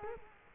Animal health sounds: mosquito wingbeat signal from an infrared sensor; Culex quinquefasciatus

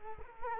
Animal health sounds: mosquito wingbeat signal from an infrared sensor; Culex quinquefasciatus

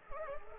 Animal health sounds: mosquito wingbeat signal from an infrared sensor; Anopheles arabiensis

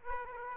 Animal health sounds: mosquito wingbeat signal from an infrared sensor; Aedes aegypti

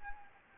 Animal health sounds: mosquito wingbeat signal from an infrared sensor; Anopheles gambiae

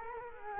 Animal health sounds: mosquito wingbeat signal from an infrared sensor; Culex quinquefasciatus

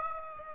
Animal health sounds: mosquito wingbeat signal from an infrared sensor; Aedes aegypti

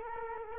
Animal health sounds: mosquito wingbeat signal from an infrared sensor; Culex quinquefasciatus

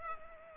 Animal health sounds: mosquito wingbeat signal from an infrared sensor; Culex pipiens

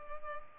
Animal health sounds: mosquito wingbeat signal from an infrared sensor; Culex pipiens

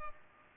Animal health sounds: mosquito wingbeat signal from an infrared sensor; Culex pipiens

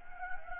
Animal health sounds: mosquito wingbeat signal from an infrared sensor; Anopheles gambiae

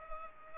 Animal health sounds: mosquito wingbeat signal from an infrared sensor; Culex pipiens

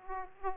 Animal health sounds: mosquito wingbeat signal from an infrared sensor; Aedes aegypti

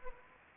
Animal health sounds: mosquito wingbeat signal from an infrared sensor; Anopheles gambiae

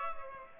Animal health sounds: mosquito wingbeat signal from an infrared sensor; Culex pipiens

